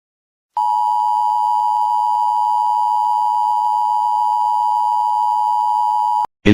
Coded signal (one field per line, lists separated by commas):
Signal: Emergency Alert System (SAME) tones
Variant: 853 and 960 Hz attention tone